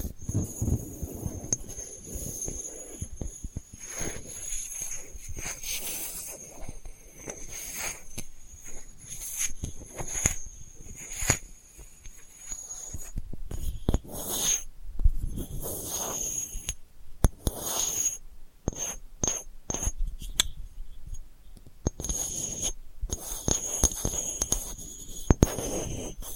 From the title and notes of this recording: ASMR Delicate Scratching for Sleep (No Talking).